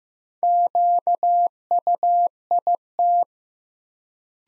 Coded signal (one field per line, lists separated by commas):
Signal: Morse code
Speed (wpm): 15 wpm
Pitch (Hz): 700 Hz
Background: none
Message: QUIT